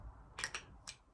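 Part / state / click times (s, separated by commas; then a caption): perfume bottle cap onto bottle neck/atomizer / not seated / none. A cap is fitted back onto a Fragrance World Ebony Fume perfume bottle (a clone of Tom Ford Ébène Fumé), over the atomizer marked "FW" on top. Short, bright handling and contact taps sound at about 0.4, 0.55 and 0.9 s. Nothing has clicked into place: the cap does not latch and is not even snug.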